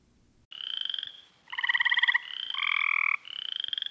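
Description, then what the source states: Small frogs calling: a few buzzy, pulsed trills with stacked harmonics, some overlapping. Small frogs in a pond, recorded with a parabolic reflector, played at regular speed then slowed down.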